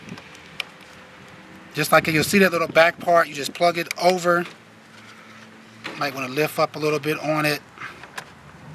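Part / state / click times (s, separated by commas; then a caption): power connector onto headlight bulb / seated / 8.2 s. On a 2014 to 2020 Chevy Impala, the power connector is pushed onto the back of the new headlight bulb socket in the headlamp housing while someone talks. A sharp snap at 8.2 seconds marks the connector seating.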